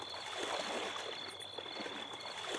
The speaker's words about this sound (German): Da schleicht eine Gestalt zum Schwimmbecken. Sie lässt sich langsam ins Wasser gleiten.